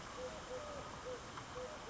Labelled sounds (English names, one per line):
Eurasian Collared Dove